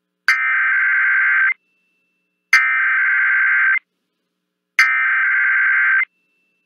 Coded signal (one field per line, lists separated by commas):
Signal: Emergency Alert System (SAME) tones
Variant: header bursts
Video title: EAS 2x Required Monthly Test Nevada (South and East) KLAV +WeatherSTAR4000